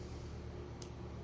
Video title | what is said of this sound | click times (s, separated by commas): Canon 80D GPS | push button there for lock will click sound | 0.8 s